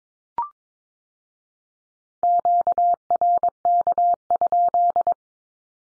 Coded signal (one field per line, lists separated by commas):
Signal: Morse code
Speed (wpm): 22 wpm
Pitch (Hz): 700 Hz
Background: none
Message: QRK?